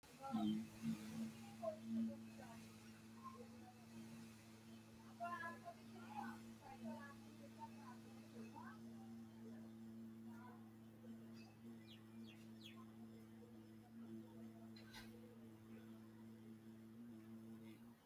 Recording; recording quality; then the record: sustained vowel as in beet; moderate, slight background noise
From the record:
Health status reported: healthy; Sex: male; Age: 48 years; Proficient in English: yes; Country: India